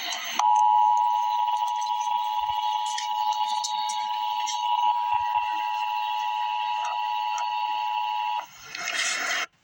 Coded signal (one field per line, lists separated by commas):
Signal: Emergency Alert System (SAME) tones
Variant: 853 and 960 Hz attention tone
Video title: Emergency Alert System - Winter Storm Warning - This morning on Jan 18, 2024